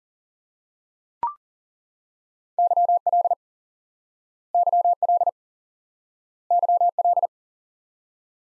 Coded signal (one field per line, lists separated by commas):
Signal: Morse code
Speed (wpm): 40 wpm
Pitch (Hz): 700 Hz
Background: none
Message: YL YL YL